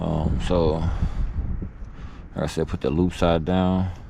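Someone talks while handling a crimped wire terminal, loop side down, at a cavity of the plastic blower motor resistor connector housing on a 2002 2500 HD. The terminal is being handled and has not clicked or seated into the housing yet.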